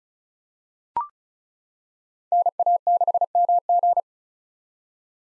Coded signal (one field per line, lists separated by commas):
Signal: Morse code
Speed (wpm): 36 wpm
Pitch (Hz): 700 Hz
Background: none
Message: NA6MG